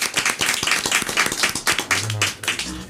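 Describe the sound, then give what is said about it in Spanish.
A burst of applause from a group, many hands clapping in a dense, steady patter that stays fairly loud throughout, with a brief low hum near the end. “Bueno, pues un aplauso”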